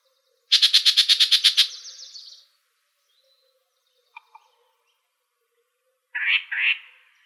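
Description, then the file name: Yellow-breasted Chat song: a fast rattling series of harsh notes trailing into a buzz, then a pause and two buzzy, scratchy notes near the end. Recorded 24 April 2004, Arizona. "YBCH 6 deviche"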